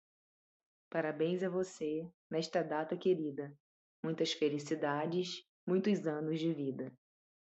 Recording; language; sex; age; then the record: short text; Brazilian Portuguese; female; 20 to 29 years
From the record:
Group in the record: control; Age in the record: 26 years